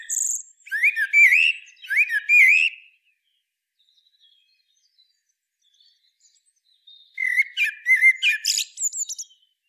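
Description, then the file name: Common blackbird song: two rich, fluting warbled phrases close together, a quiet gap, then another phrase of low whistles mixed with thin high squeaks. "Turdus merula"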